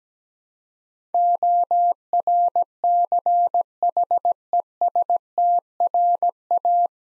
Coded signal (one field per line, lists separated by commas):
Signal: Morse code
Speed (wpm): 17 wpm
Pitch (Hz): 700 Hz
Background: none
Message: ORCHESTRA